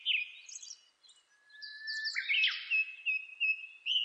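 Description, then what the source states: Japanese thrush song: varied, high whistled phrases with quick slurred notes and a brief pause, ending in clear repeated whistles. Recorded on 26 April 2006.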